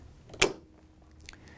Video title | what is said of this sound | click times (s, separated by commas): Flush Pin Demo | the next educated flush pin gauge can be snapped into place | 0.4 s